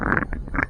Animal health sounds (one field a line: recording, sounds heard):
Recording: poultry house recording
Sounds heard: sick chickens (respiratory disease)